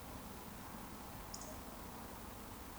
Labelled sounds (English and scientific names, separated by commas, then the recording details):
Eurasian Woodcock (Scolopax rusticola) whistle
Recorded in Baden-Württemberg, Germany, on 13 June 2020 at 20:35 UTC
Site 14569, 102 m above sea level